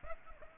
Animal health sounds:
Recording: mosquito wingbeat signal from an infrared sensor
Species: Aedes aegypti

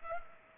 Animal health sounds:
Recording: mosquito wingbeat signal from an infrared sensor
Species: Culex pipiens

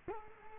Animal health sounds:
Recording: mosquito wingbeat signal from an infrared sensor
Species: Culex quinquefasciatus

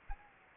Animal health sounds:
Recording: mosquito wingbeat signal from an infrared sensor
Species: Anopheles arabiensis

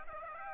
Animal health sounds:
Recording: mosquito wingbeat signal from an infrared sensor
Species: Aedes aegypti

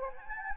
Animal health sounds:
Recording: mosquito wingbeat signal from an infrared sensor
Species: Anopheles gambiae

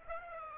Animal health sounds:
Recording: mosquito wingbeat signal from an infrared sensor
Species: Aedes aegypti

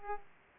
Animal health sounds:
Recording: mosquito wingbeat signal from an infrared sensor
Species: Aedes aegypti

